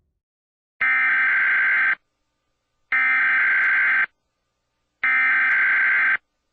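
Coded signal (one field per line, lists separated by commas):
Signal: Emergency Alert System (SAME) tones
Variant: header bursts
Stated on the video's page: Fictional comedy EAS announcement with made-up counties and text-to-speech voice.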